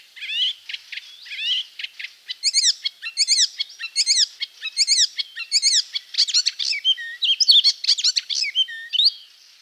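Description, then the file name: Icterine warbler song, a continuous high varied medley of chirps and sharp whistles, some motifs repeated several times before changing. "Hippolais icterina"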